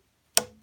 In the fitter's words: they snap into place pretty pretty solid so they're not really turning or flopping around